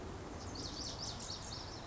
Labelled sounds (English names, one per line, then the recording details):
Lazuli Bunting
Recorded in Sonoma County, California